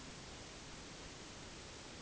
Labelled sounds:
none
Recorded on Arctic tundra, site NAIT-1, on 1 July 2019
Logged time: 08:00

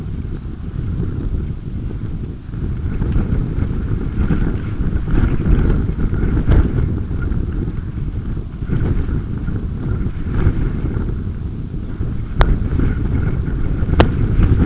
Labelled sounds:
Red Phalarope
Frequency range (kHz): Red Phalarope 3.1-4.7 kHz
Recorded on Arctic tundra, site UTQI-5, on 28 June 2018
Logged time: 00:00

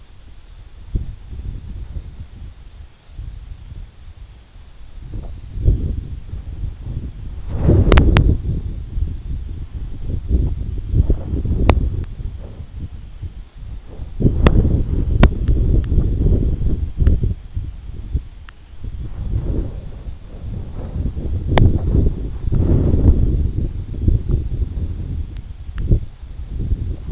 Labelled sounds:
none
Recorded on Arctic tundra, site EABA-1, on 27 June 2018
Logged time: 12:00

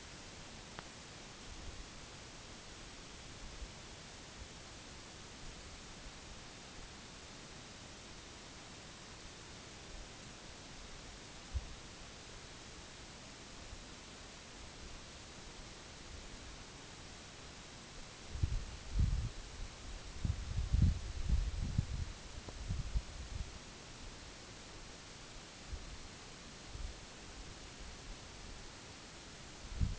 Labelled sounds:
none
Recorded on Arctic tundra, site NAIT-1, on 2 July 2019
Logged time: 18:00

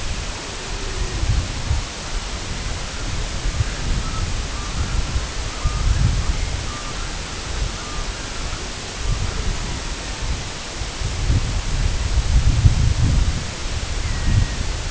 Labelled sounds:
Semipalmated Sandpiper
Red-throated Loon
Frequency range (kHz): Red-throated Loon 0.2-2.6 kHz
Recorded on Arctic tundra, site IGLO-A, on 22 June 2018
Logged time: 05:59

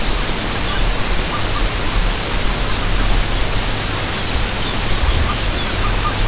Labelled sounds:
unidentified sound
Lapland Longspur
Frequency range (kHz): Lapland Longspur 2.6-5.2 kHz
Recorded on Arctic tundra, site UTQI-5, on 25 June 2018
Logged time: 10:00

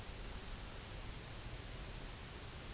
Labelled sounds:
none
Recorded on Arctic tundra, site UTQI-0, on 16 June 2019
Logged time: 12:00

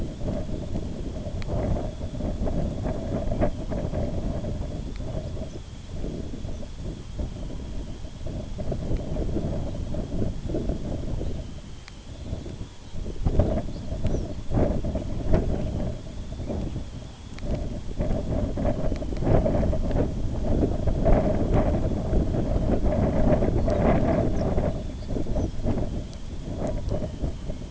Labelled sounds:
Snow Bunting
Red-throated Loon
unidentified sound
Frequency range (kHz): Snow Bunting 4.0-6.8 kHz; Red-throated Loon 0.3-2.5 kHz
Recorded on Arctic tundra, site IGLO-B, on 23 June 2018
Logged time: 11:59

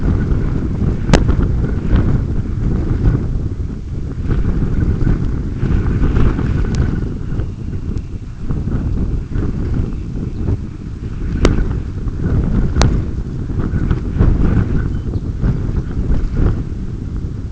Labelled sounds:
Dunlin
unidentified sound
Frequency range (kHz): Dunlin 1.9-3.7 kHz
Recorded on Arctic tundra, site UTQI-5, on 26 June 2018
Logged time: 20:00

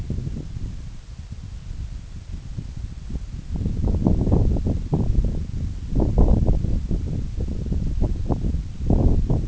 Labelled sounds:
none
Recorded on Arctic tundra, site NAIT-1, on 26 June 2019
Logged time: 16:00

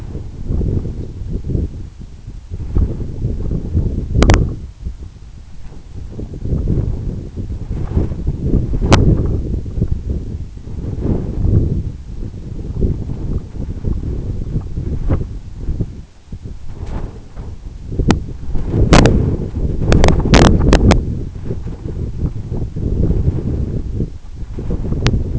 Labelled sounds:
none
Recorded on Arctic tundra, site EABA-1, on 26 June 2018
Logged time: 04:00

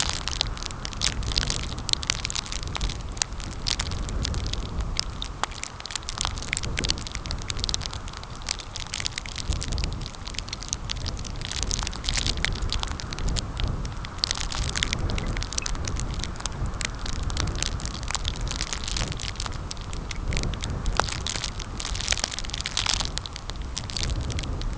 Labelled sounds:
none
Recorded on Arctic tundra, site CORI-1, on 15 June 2018
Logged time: 10:00

